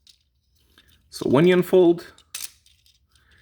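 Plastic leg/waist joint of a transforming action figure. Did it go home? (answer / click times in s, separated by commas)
yes / 2.3 s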